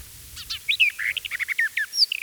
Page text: Eastern Orphean Warbler Song - Quick Sounds